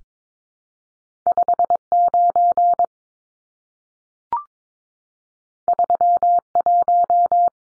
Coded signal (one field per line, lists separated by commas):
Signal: Morse code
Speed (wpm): 22 wpm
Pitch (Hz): 700 Hz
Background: none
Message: 59 31